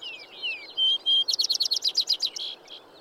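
Vesper sparrow song with quick slurred notes, two strong whistles, then an energetic rapid trill, with steady faint noise behind.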